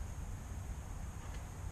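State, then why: Not seated. A metal pad-retaining pin is lined up and slid into the top of a Brembo brake caliper during a CTS-V brake swap on a Subaru WRX. Only a steady low rumble and broadband hiss are heard, with no distinct impacts. The pin has not locked or clicked into place yet.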